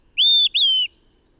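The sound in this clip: Bird song of two long pure whistles at a steady high pitch, the second gently falling at its end, with silence around them.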